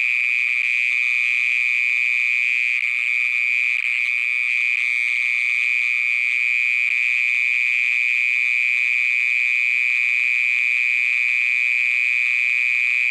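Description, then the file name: Mole cricket song, a long unbroken buzzing trill at one steady pitch. "Gryllotalpa sp"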